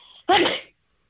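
A single cough from a 16-year-old girl with a constant, persistent cough that began after a COVID-19 infection in October 2020 and recurs every two seconds throughout the day.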